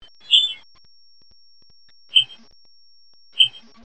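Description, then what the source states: Western kingbird flight calls, three short notes, the first longer, then two brief ones about 1.3 seconds apart, against near silence. Nocturnal flight call.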